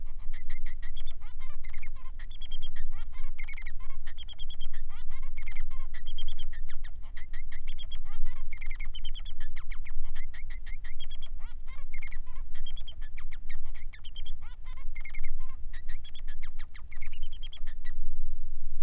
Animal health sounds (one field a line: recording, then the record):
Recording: song of a male Bengalese finch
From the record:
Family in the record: son of father 3